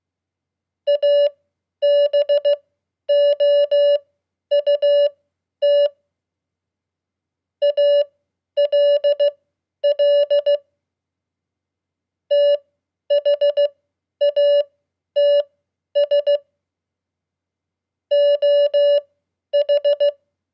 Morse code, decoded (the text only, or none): ABOUT ALL THATS OH